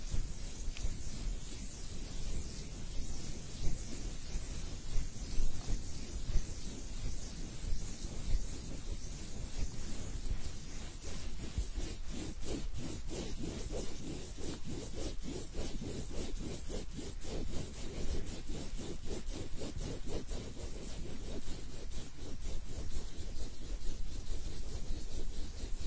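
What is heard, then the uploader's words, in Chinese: Ear massage with steady rubbing and scratching against the mic, strokes growing faster and more rhythmic in the middle before settling back. 按摩耳朵3（声控助眠）。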